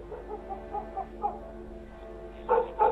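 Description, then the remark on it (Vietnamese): Dogs bark below the house in a ragged series, several short, softer yaps followed by two sharper, louder barks at the end, with no talking. “Bên dưới nhà bỗng có tiếng chó sủa lên inh ỏi.”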